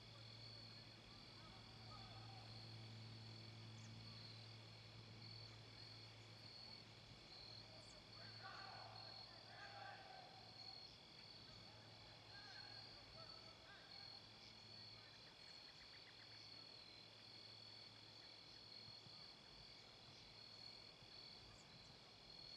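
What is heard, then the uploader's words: Dusk in a park, with a steady layer of insects trilling high and continuously throughout. A low hum runs underneath, and around the middle a few faint voices or calls rise briefly before the even chorus carries on. Dusk at Ninigret Park, Charlestown. Recording was made at Ninigret Park, in Charlestown, Rhode Island. It was a mild, peaceful evening.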